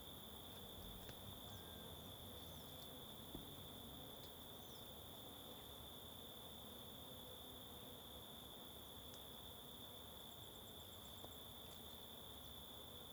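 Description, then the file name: Cricket's continuous high trill throughout, with a few brief clicks and a short rapid series of high ticks near the end. Constant cricket in forest ambience on the Simão Correa waterfall trail. "Ambiencia em Bosque na Trilha da Cachoeira Simao Correa com Moscas e Grilo Constante"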